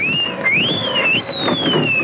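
A siren wails continuously, its high tone sliding up and down in a slow, uneven sweep over a steady rumble of background noise. No one speaks.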